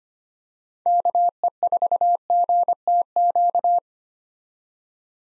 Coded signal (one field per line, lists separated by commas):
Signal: Morse code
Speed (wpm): 25 wpm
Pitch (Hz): 700 Hz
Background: none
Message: KE4GTQ